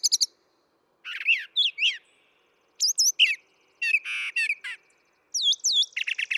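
Brown thrasher sings a varied series: high piping notes, downslurred whistles, a thick buzzy rasp and looping upswept notes, several phrases repeated twice.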